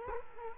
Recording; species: mosquito wingbeat signal from an infrared sensor; Culex quinquefasciatus